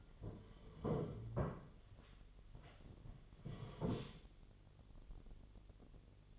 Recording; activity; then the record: daily activity, microphone in the room; sit down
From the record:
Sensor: 4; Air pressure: 1008.7 hPa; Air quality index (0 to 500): 169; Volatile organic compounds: 4 ppm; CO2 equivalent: 1698 ppm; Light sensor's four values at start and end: 23/72/27/26 and 23/72/27/26